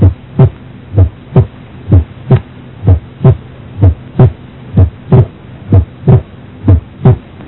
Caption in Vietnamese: Tiếng thứ hai tách đôi ở đây nghe rõ khi bệnh nhân thở ra. Ở thì thở vào, nghe tiếng tách đôi xít lại và đôi khi thành một tiếng duy nhất.